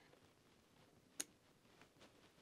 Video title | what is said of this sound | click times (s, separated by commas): Anderson Connector Crimping 101 - Wire Terminal Basics - Ep: 8/14 | put the wire into the terminal and push it until it clicks into place | 1.2 s